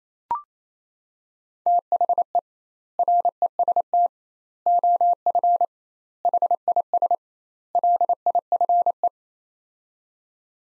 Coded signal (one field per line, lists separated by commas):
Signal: Morse code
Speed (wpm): 28 wpm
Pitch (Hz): 700 Hz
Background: none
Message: THE REST OF HIS LIFE